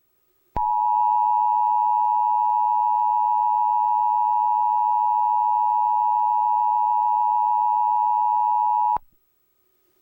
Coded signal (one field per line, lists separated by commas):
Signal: Emergency Alert System (SAME) tones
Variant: 853 and 960 Hz attention tone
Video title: Your Reality (EAS Scenario)